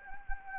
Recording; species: mosquito wingbeat signal from an infrared sensor; Anopheles gambiae